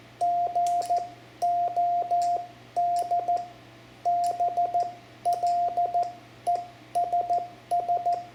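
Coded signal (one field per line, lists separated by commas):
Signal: Morse code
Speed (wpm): 14 wpm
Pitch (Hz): 700 Hz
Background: radio noise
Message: GOD BLESS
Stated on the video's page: Lesson example of calling CQ and a basic CW QSO for new amateur operators.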